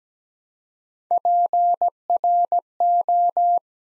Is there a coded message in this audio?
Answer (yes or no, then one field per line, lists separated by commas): yes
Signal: Morse code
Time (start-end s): 1.1-3.6 s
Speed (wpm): 17 wpm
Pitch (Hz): 700 Hz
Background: none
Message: PRO